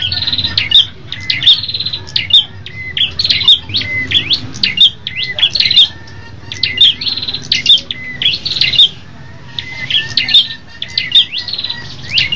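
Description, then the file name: Tailorbird song: regular bursts of sharp, high chirps and trills, repeating steadily over a faint low hum. Red-headed type, several birds singing together as a group. "audio prenjak kepala merah ombyokan omkicau"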